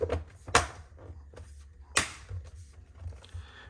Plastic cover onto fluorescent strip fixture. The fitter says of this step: that snaps on over all of it